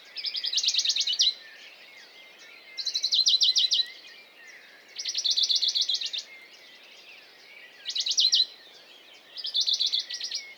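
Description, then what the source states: Western Bonelli's warbler delivering five rapid trills, a couple of seconds apart, each a dry run of identical notes, with other birds faintly singing behind. Dawn chorus, 6 May 2020, Valmaravel, Drôme, France; unpaired male fixed on a small pine branch giving a fast courtship song, not the usual spaced strophes while feeding; Nagra Seven, MKH40.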